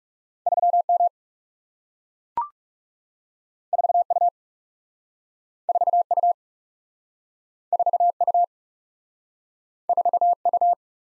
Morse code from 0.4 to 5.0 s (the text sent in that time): 3 M 4 U